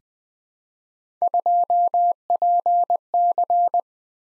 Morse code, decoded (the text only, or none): 2PC